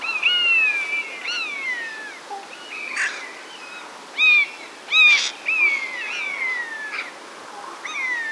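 Buzzard giving several drawn-out mewing calls, each slurring downward.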